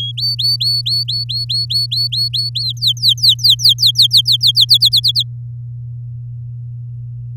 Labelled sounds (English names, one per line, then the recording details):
Domestic Canary song
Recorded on 6 May 2018 at 18:14
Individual llb16